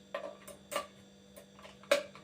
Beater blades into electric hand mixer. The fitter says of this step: ये टक की आवाज आ जाती है तो ये अटैच हो जाते हैं।